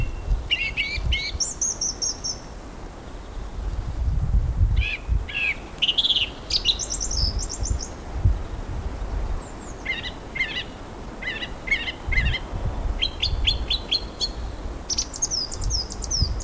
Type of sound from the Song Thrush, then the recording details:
song. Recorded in the wild. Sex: male. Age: adult. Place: Friedhof Lübars, Berlin, DE. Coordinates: 52.6, 13.35. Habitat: city cemetery. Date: 2000-03-26 14:24. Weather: overcast, 12°C. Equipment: Nagra SN, Kopie Uher 4000 Report Monitor. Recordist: Tembrock, Günter. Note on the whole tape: Gesang, längere Strecke